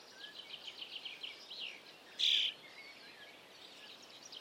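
Eurasian starling with a quick run of soft ticking and chattering notes, then a single loud, harsh rasp, followed by faint scratchy twittering.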